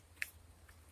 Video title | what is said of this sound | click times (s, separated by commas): M tech at the river bank | that hear that click that | 0.2 s